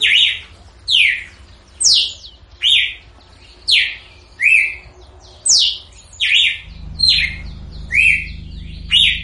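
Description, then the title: Red-cowled cardinal singing a series of clear, bright whistled notes, many slurring downward, with a low hum entering in the later part. Female; singing in nature. "Canto Galo Campina Fêmea. Galo de Campina Cantando na Natureza ( Canto de Pássaros )"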